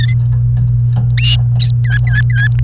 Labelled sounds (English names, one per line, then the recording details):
Domestic Canary song
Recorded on 29 April 2018 at 08:53
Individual llb3